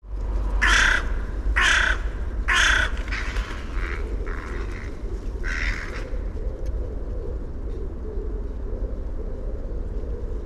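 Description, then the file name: Carrion crow cawing: three loud, harsh caws about a second apart, followed by three fainter caws, then steady low background rumble. "Corvus corone"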